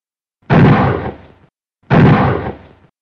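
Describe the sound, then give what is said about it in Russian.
Two loud, sharp rifle shots about a second and a half apart, fired from behind a hangar in a deserted town, each hitting a metal target and followed by a brief metallic ringing tail that fades out in under a second. “Громкий и резкий выстрел из винтовки с металлическим стоном поврежденной мишени решительно разорвал в клочья почудившийся мир и покой.”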